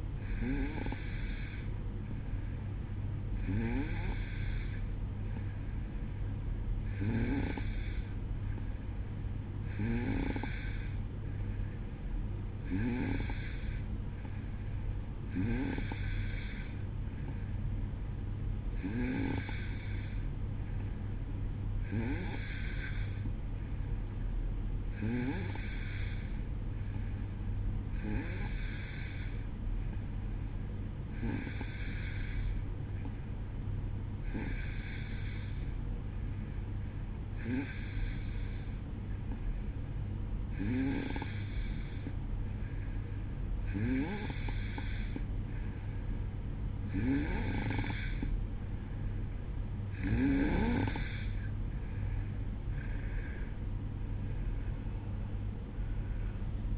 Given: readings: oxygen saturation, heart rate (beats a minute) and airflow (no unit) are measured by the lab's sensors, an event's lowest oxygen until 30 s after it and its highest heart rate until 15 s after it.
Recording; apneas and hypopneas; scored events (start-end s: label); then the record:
breathing in sleep by a smartphone at the bedside; none
52.00-56.77 s: new sleep stage, N1 (lightest sleep)
From the record:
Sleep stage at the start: N2 (light sleep); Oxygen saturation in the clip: 90 to 92%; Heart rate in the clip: 62 to 71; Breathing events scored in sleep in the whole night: 305 in 9.6 hours asleep